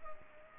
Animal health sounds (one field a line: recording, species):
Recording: mosquito wingbeat signal from an infrared sensor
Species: Culex pipiens